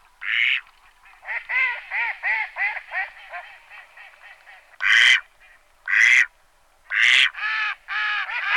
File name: Kachna divoka Anas platyrhynchos